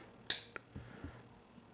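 The sealed battery door on a Sony RX0 MKII compact camera is closed, and its plastic latch snaps shut with two sharp clicks at 0.3 s and 0.6 s. A few faint low thuds follow before the clip ends, and the door is latched shut.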